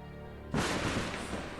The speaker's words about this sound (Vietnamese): Đang nằm bò dưới đất than trời trách đất, bỗng bà Chánh giật nảy mình, bởi từ bên ngoài có một tiếng sét đánh giữa trời quang.